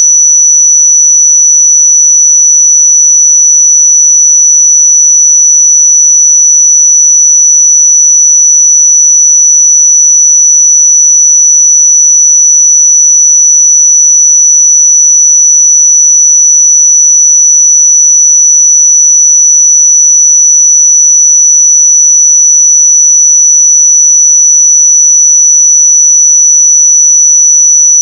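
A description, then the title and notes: A pure sine tone at 5926 Hz holds perfectly steady for the whole clip, a single thin, piercing high whistle. Its loudness never wavers, and nothing else sounds behind it, just the one unbroken note until it stops. 5926 Hz 1 Hz Interval Sine Pure Tone Frequency 441000 Sample Mono.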